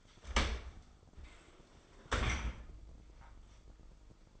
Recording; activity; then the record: daily activity, microphone in the room; open dishwasher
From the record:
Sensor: 5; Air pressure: 995.9 hPa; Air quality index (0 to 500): 103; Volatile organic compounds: 7 ppm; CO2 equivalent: 1990 ppm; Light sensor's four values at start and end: 42/99/42/44 and 42/100/42/45